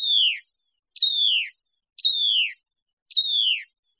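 Hutton's vireo calls, a series of four sharp, down-slurred whistled notes spaced about a second apart, each falling in pitch, in an otherwise quiet background.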